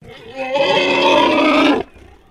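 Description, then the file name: Landrace pig giving one loud, drawn-out harsh screech that cuts off sharply. Landrace breed domestic pig, screeching. "ANIMAL PIG LANDRACE EDGAR SCREETCH"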